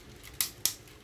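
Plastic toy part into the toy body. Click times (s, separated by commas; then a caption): 0.4 s, 0.7 s. A plastic part of a transforming toy is pushed into the toy body until it snaps into place. Two loud, sharp plastic clicks ring out at 0.4 and 0.6 seconds over a quiet background, and the part is seated.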